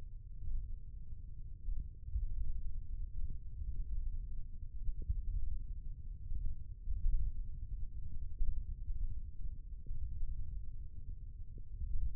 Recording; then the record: forearm muscle sounds (acoustic myography)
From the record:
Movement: finger pinch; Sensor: system 1, eight BSWA MPA416 microphones around the upper forearm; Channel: 1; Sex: male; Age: 20 years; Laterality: left